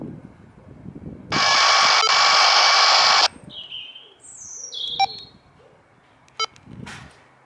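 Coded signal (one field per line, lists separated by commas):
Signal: packet radio (AX.25, as in APRS)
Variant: 1200 baud AFSK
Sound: one two-second harsh buzzing data burst, then quiet with chirps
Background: birds, outdoor ambience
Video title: ISS-APRS with TH-D72 + MFJ-1714 The Long Ranger 2 Meter ½ wave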